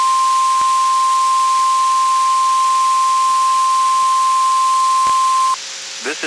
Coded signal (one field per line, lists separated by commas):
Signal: Emergency Alert System (SAME) tones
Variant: 1050 Hz attention tone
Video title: RWTs - Week of 12/25/22 (EAS 1356-1362)